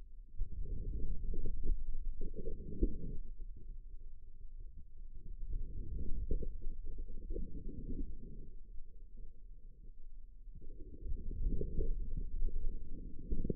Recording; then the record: forearm muscle sounds (acoustic myography)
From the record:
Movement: outward rotation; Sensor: system 2, bracelet of six BSWA MPA416 microphones around the upper forearm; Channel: 4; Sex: female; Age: 25 years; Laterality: right